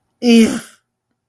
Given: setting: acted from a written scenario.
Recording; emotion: vocal sound without words; disgust